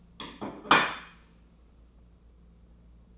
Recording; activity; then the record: daily activity, microphone in the room; place plate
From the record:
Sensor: 1